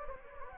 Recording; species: mosquito wingbeat signal from an infrared sensor; Anopheles gambiae